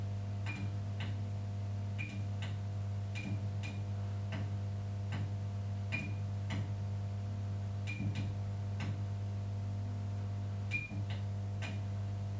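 A malfunctioning strip light hums steadily with a low, constant buzz, overlaid by irregular sharp ticks and clicks roughly every half second to second, some with a brief bright ping. The sound is indoors, with no other activity.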